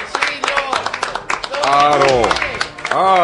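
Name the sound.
applause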